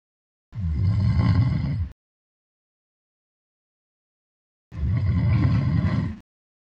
Human Sound Man Snoring.